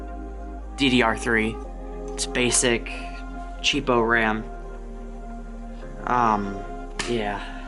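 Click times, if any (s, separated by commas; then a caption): none. A cheap Samsung DDR3 memory module is handled over a motherboard DIMM slot while someone talks over steady background music. Nothing has seated or clicked yet, and the retention clips have not snapped shut.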